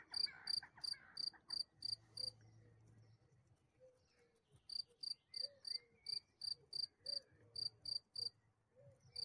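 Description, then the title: Cricket chirping in short, high pulses about three per second, pausing midway before resuming, over a faint low rumble and scattered soft background sounds. "grillon"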